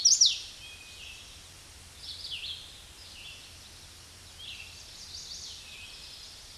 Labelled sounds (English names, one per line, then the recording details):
Red-eyed Vireo song
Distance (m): 30 m
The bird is about 20 m above the microphone
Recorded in a Pennsylvania forest on 16 May 2024 at 07:17
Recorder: AudioMoth, point MSD-2095
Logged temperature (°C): 16.3 °C
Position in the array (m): 167 m, 70 m